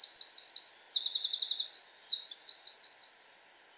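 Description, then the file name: Eurasian wren song: quick repeated high notes running into fast trills, ending with a rattling trill before fading. "Troglodytes troglodytes"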